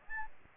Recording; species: mosquito wingbeat signal from an infrared sensor; Aedes albopictus